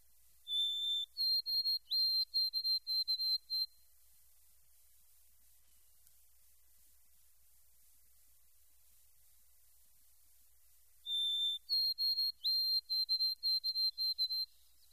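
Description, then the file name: White-throated sparrow song, twice: a clear whistled opening note, then a slightly higher note broken into a fast run of repeated short whistles, with a long silence between songs. "White-Throated Sparrow. from Monty Brigham"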